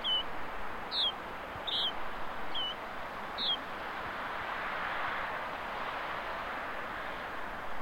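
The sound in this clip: Yellow-bridled finch giving five short, high, bent call notes in the first few seconds, then only a soft hissing background.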